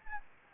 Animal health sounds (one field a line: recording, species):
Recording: mosquito wingbeat signal from an infrared sensor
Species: Anopheles gambiae